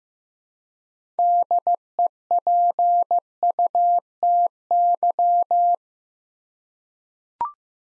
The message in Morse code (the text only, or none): DEPUTY